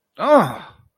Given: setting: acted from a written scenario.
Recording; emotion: vocal sound without words; negative surprise